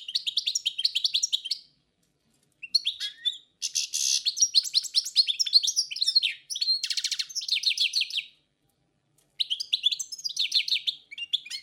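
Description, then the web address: Song thrush singing rich, rapid phrases with repeated sharp notes and trills, broken by a few short silences. Forest songbird. "Pevchie pticy lesa - Pevchij drozd"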